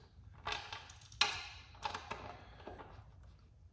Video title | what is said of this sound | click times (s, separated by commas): BMW R 1250 RS Removing and Charging the Battery Also Update on Tire Hugger | Just get it lined up and just gently push it and it'll pop into place. | 1.2 s